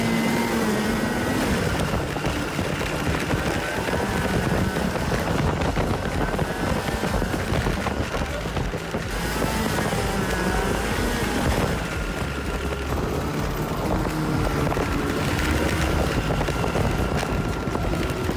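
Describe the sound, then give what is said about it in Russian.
A snowmobile engine drones steadily throughout a roughly 15-minute ride offered to visitors, loud and continuous with a rough, buzzing motor tone that rises and falls slightly in pitch, with wind rushing over it and no one talking. “Также можно покататься на снегоходе, стоит это 250 гривен.”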